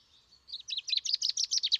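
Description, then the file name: Common chaffinch song: a brief fragment of a quick, high, evenly repeated trill. "Fringilla coelebs"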